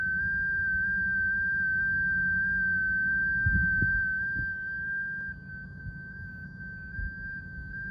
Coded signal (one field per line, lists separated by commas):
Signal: FT8